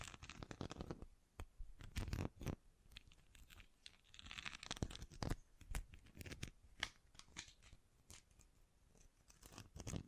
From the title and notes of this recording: ASMR Sensitive & Sleepy Triggers Bracelets and Jewelry Boxes (No Talking).